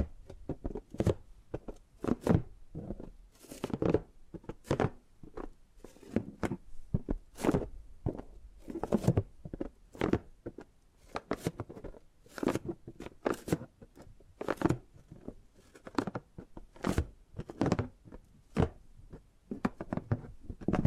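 Tapping and gripping sounds come in quick, uneven bursts throughout, sharp knocks and thuds mixed with rustling scrapes, with brief pauses between clusters.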